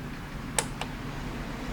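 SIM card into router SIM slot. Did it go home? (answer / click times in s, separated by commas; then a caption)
yes / 0.6 s. A SIM card is pushed, copper contacts facing down, into the plastic SIM slot of a 4G router until it seats. It clicks and locks at 0.6 s, followed by a softer second click at 0.8 s over a low steady hum. It is a little hard to lock, but it ends up locked.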